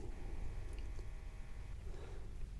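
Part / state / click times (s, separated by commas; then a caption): wiring harness terminal pin into motorcycle connector housing / not seated / none. A small tool pushes a terminal pin from a Big Dog Motorcycles wiring harness down into its motorcycle connector housing to lock it in, with only faint scraping and a brief light tick at 0.8 s over low background noise. The pin does not click into place, and nothing has seated because the pin is bent and needs straightening.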